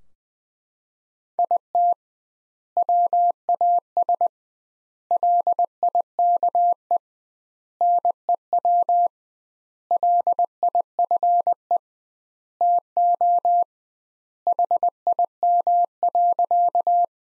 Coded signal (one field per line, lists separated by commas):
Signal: Morse code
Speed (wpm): 21 wpm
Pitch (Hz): 700 Hz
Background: none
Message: IT WAS LIKE NEW LIFE TO HIM.